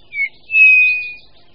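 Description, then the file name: Eurasian bullfinch call: a short piping note followed by a longer, steady, soft whistle that fades out. "Hýl-obecný"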